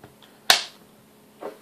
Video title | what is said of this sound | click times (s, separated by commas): Sig Sauer 516 | until it clicks | 0.5 s